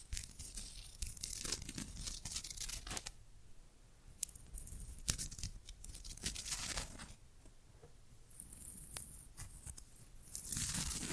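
Irregular brushing and scraping with crinkly bursts, sharp clicks near 4, 5 and 9 seconds, and a steadier rustle building at the end.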